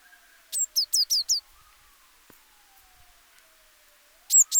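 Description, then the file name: Eurasian blue tit calls: a quick run of five thin, high, downslurred notes, a long pause with faint background noise, then two more notes. "Cyanistes caeruleus"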